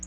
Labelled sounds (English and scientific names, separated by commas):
Black-throated Blue Warbler (Setophaga caerulescens) flight call